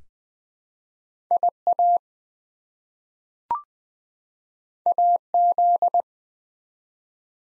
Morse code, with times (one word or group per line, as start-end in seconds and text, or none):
1.3-2.0 IA
4.9-6.0 AZ